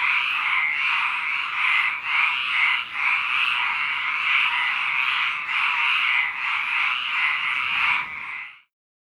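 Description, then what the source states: Frog giving rapid, rattling croaks that surge and ease in a loose rhythm, then cut off abruptly into silence near the end. Recorded at a lake.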